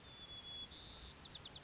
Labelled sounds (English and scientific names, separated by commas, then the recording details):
White-crowned Sparrow (Zonotrichia leucophrys)
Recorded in Sonoma County, California